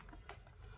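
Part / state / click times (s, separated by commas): quartz clock movement into wall clock housing / seated / 0.3 s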